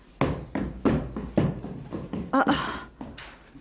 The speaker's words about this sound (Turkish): Kim var orada? Kapıyı kim çaldı?